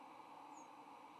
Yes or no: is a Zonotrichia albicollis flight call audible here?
no